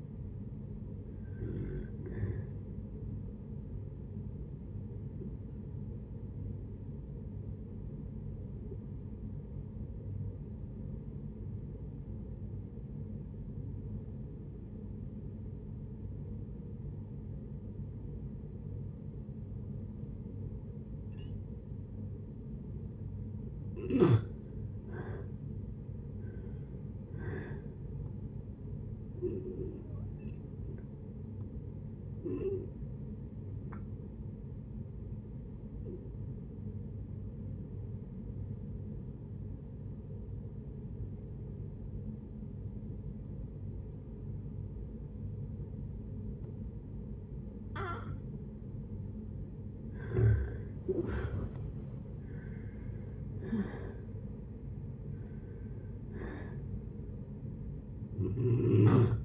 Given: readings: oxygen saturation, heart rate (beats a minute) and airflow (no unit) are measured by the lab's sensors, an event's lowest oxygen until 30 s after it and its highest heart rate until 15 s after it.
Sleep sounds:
breathing in sleep by a smartphone at the bedside; 2
3.00-24.30 s: hypopnea (N2, oxygen 97% highest, then 84% lowest)
27.00-59.25 s: new sleep stage, N1 (lightest sleep)
36.00-50.10 s: obstructive apnea (N1, oxygen 94% highest, then 82% lowest)
From the record:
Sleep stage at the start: N2 (light sleep); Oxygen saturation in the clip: 84 to 97%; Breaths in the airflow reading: 9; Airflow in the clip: -9.0 to 10.4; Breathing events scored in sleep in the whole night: 496 in 5.4 hours asleep

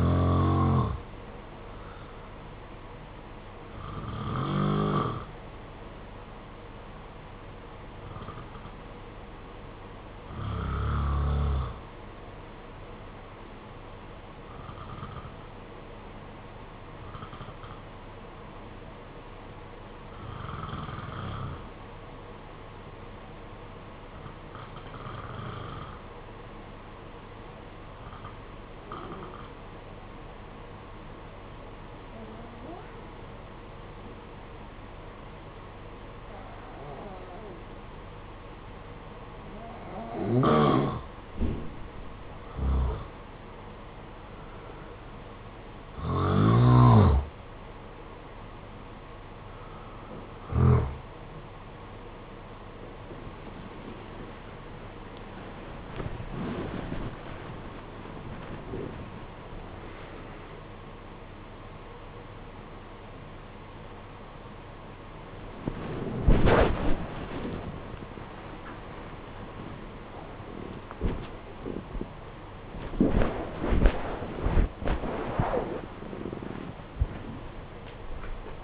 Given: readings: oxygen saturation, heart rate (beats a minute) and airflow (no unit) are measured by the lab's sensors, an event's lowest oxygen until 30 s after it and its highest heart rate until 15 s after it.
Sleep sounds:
breathing in sleep by a voice recorder at the bedside; 1
8.00-42.30 s: hypopnea (N2, oxygen 95% highest, then 86% lowest, heart rate 51 at the start, 71 highest)
48.00-78.64 s: new sleep stage, awake
54.00-78.64 s: awake
From the record:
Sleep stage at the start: N2 (light sleep); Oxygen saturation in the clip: 86 to 95%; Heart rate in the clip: 50 to 88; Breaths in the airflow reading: 23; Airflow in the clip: -13.2 to 13.4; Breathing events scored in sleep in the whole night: 476 in 9.7 hours asleep

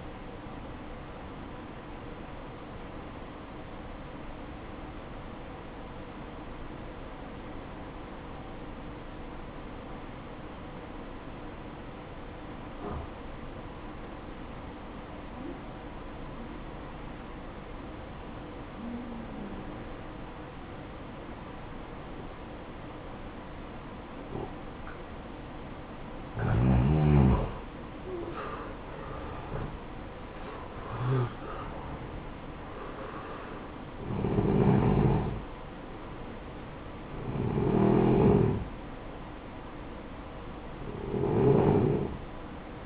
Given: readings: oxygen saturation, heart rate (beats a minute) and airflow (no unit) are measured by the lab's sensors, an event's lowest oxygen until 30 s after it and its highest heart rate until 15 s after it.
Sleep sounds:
breathing in sleep by a voice recorder at the bedside; 1
4.00-24.00 s: obstructive apnea (N1, oxygen 95% highest, then 87% lowest, heart rate 58 at the start, 66 highest)
From the record:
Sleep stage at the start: N1 (lightest sleep); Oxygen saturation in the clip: 89 to 95%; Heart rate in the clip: 56 to 66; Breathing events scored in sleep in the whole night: 573 in 9.8 hours asleep

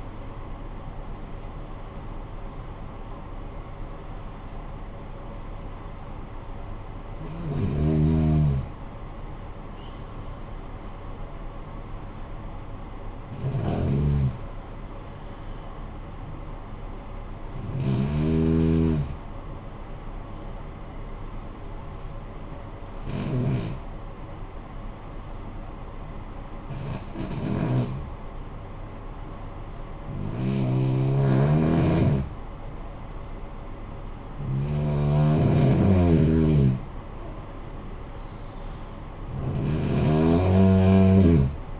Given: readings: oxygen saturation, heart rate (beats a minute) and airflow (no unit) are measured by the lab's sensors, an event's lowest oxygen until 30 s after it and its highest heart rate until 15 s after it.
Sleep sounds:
breathing in sleep by a smartphone at the bedside; 1
19.00-35.70 s: hypopnea (N1, oxygen 96% highest, then 90% lowest, heart rate 56 at the start, 67 highest)
From the record:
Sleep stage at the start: N1 (lightest sleep); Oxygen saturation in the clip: 89 to 96%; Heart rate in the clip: 54 to 71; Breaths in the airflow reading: 9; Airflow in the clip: -10.5 to 16.6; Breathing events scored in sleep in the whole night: 445 in 7.6 hours asleep

